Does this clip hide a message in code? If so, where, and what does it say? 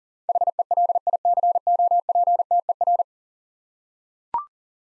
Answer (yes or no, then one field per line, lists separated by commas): yes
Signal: Morse code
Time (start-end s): 0.3-3.0 s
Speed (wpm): 40 wpm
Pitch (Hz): 700 Hz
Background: none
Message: HELICOPTER